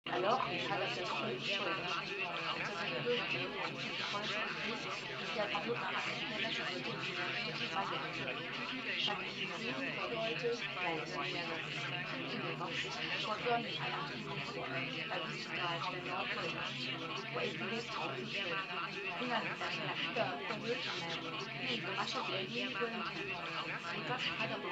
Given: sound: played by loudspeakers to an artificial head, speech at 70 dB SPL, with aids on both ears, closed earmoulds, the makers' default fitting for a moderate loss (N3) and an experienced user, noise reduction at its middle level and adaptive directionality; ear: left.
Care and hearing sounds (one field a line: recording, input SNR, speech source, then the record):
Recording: speech test signal (ISTS) in cocktail-party noise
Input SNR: -3 dB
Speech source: on the right (90 degrees)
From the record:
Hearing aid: class 1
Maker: F